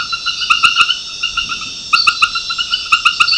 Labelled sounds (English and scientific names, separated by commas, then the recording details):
none
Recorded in secondary vegetation near Puerto Asís, Putumayo, Colombia, on 13 March 2025 at 21:30
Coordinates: 0.498, -76.327
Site G001